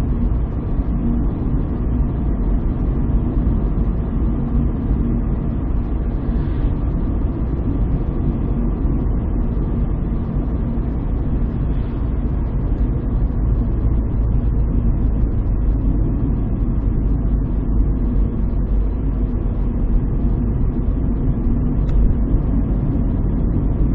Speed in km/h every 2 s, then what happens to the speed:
65, 64, 65, 64, 64, 62, 59, 58, 54, 55, 56, 57.
0-9 steady at about 64. 9-16 slows to 54. 16-24 steady at about 55.